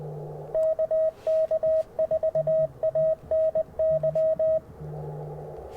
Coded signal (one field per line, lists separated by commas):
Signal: Morse code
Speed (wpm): 20 wpm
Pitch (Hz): 640 Hz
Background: none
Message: KK4ANY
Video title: Morning Morse Code at Tuskegee National Forest K-4451 - 12/12/23